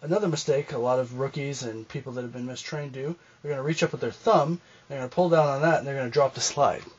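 Someone talks throughout while demonstrating the rookie method of handling a pistol: pulling down on the slide release with the thumb to drop the metal slide forward into battery onto the barrel chamber, a method called a bad idea. The slide is handled but has not gone home, and nothing has seated or clicked yet.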